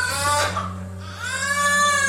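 One rising-falling wail, about a second long, from a newborn baby boy just after birth, over a steady low room hum.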